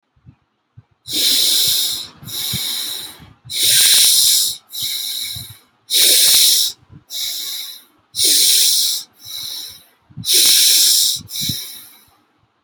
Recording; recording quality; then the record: deep breathing; excellent, no background noise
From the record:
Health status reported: healthy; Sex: male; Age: 25 years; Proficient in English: yes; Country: India